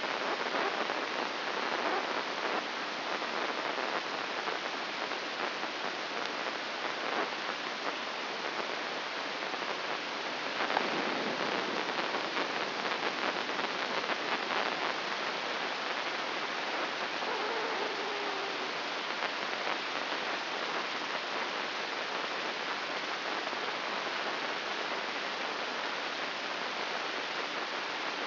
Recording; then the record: brain microelectrode recording played as sound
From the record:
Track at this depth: inside the subthalamic nucleus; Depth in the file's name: 5.401 mm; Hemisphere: right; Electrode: 2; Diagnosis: Parkinson's disease